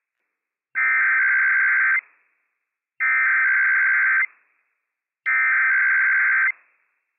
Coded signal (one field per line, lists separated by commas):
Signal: Emergency Alert System (SAME) tones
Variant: header bursts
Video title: 5 Tests in One Day Leads to 300! - WWF56 - EAS #296-300 - 11/21/22